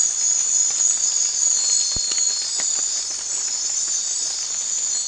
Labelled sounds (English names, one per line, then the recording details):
none
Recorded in secondary vegetation near Puerto Asís, Putumayo, Colombia, on 12 March 2025 at 00:00
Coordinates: 0.499, -76.323
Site G094